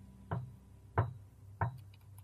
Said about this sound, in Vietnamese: Bất thần nhìn ra bên ngoài, ba tiếng gõ khô khốc đã bất chợt vang lên.